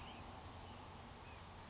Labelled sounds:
Chestnut-backed Chickadee (Poecile rufescens)
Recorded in Sonoma County, California

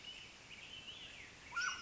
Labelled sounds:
Mountain Quail (Oreortyx pictus)
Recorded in Sonoma County, California

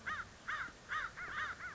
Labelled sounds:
American Crow (Corvus brachyrhynchos)
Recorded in Sonoma County, California

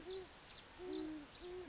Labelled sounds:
Great Horned Owl (Bubo virginianus)
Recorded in Sonoma County, California

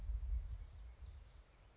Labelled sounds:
California Towhee (Melozone crissalis)
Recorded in Sonoma County, California

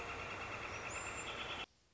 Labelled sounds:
Northern Flicker (Colaptes auratus)
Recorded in Sonoma County, California

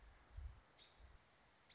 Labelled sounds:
American Robin (Turdus migratorius)
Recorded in Sonoma County, California

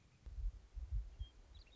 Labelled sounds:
Western Meadowlark (Sturnella neglecta)
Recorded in Sonoma County, California

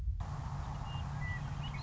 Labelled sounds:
Western Meadowlark (Sturnella neglecta)
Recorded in Sonoma County, California

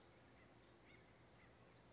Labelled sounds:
Acorn Woodpecker (Melanerpes formicivorus)
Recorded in Sonoma County, California

